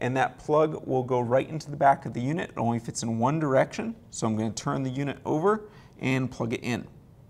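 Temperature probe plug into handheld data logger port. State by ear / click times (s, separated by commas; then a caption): not seated / none. A man talks while a temperature probe's plug, which fits only one way, is about to be pushed into the port on the back of a handheld data logger that is being turned over. Only speech is heard. The plug has not seated or clicked yet.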